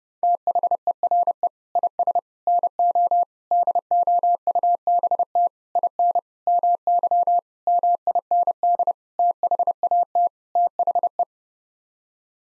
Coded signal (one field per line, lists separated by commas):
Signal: Morse code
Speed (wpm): 30 wpm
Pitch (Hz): 700 Hz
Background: none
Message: THERE IS NO DOUBT IN MY MIND THAT THE